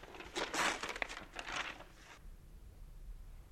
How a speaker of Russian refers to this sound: Так, друзья мои, почты у нас много, а вот этот пакет давайте вскроем сейчас. Давайте. Любопытно.